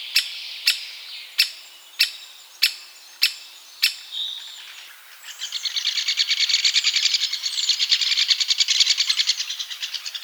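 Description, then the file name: Great spotted woodpecker giving sharp, clipped 'kik' notes about every half second, followed by a long, dense, rapid buzzing chatter that continues to the end. "buntspecht"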